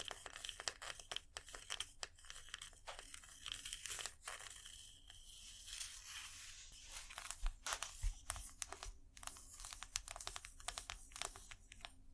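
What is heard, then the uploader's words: Scratchy tapping goes on without pause, with quick sharp clicks and crisp rustling scrapes coming in dense, uneven bursts. Around the middle the taps thin out briefly into a softer scratching, then grow busier and louder again toward the end, with a faint low hum underneath. Irresistible Scratchy-tapping. No Talking.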